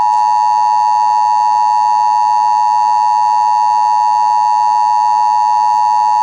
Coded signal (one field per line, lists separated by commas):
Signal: Emergency Alert System (SAME) tones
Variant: 853 and 960 Hz attention tone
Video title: EAS Scenario 15 | Outbreak In The United States